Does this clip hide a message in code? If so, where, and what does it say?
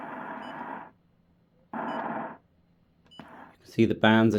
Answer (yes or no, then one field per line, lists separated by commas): no